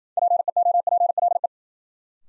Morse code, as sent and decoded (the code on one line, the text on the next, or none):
.--. . --- .--. .-.. .
PEOPLE